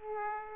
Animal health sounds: mosquito wingbeat signal from an infrared sensor; Aedes aegypti

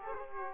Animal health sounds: mosquito wingbeat signal from an infrared sensor; Aedes aegypti

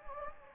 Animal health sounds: mosquito wingbeat signal from an infrared sensor; Anopheles gambiae

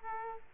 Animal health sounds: mosquito wingbeat signal from an infrared sensor; Aedes aegypti

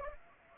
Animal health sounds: mosquito wingbeat signal from an infrared sensor; Anopheles arabiensis

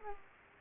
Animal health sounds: mosquito wingbeat signal from an infrared sensor; Culex quinquefasciatus

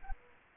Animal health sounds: mosquito wingbeat signal from an infrared sensor; Culex quinquefasciatus

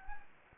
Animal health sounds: mosquito wingbeat signal from an infrared sensor; Anopheles gambiae

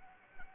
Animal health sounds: mosquito wingbeat signal from an infrared sensor; Anopheles arabiensis

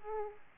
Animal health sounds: mosquito wingbeat signal from an infrared sensor; Aedes aegypti

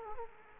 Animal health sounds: mosquito wingbeat signal from an infrared sensor; Culex quinquefasciatus

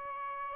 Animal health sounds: mosquito wingbeat signal from an infrared sensor; Aedes albopictus

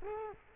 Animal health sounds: mosquito wingbeat signal from an infrared sensor; Culex quinquefasciatus

